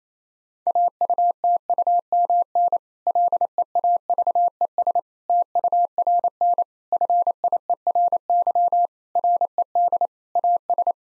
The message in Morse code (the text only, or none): AUTUMN LEAVES TURN FIERY RED AS